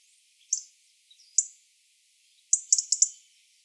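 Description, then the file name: European robin giving thin, very high, sharp ticking notes: two single ticks, then a quick run of five after a pause. "Erithacus rubecula"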